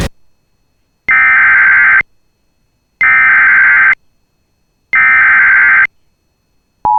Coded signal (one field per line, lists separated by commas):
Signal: Emergency Alert System (SAME) tones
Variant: header bursts